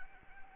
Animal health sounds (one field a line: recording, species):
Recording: mosquito wingbeat signal from an infrared sensor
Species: Anopheles arabiensis